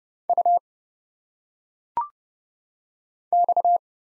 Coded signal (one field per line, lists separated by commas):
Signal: Morse code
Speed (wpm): 30 wpm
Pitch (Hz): 700 Hz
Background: none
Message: U X